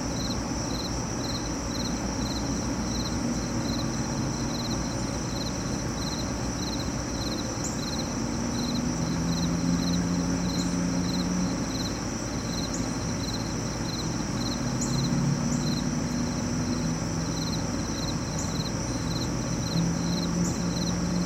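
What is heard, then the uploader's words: Crickets and cicadas keep up a steady, dense chirring through the whole clip, with high pulsing trills repeating at a regular rate. Beneath them runs a constant low rush of passing traffic, swelling slightly from around eight seconds, and a few faint high chirps break in. Late Summer in the city park. Crickets and cicadas sing all day, birds chirp and the world goes rushing.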